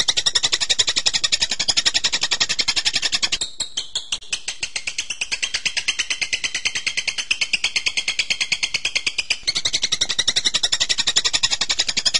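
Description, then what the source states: Bird song: long, fast series of high twittering notes with a brief break early on. Masteran birdsong training recording of bird sounds.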